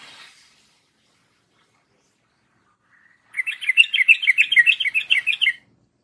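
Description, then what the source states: Yellow-vented Bulbul song: a rapid, bubbling burst of chattering notes lasting about two seconds after a quiet start. Masteran tutoring song of a champion trucuk in the 'tembakan' song style.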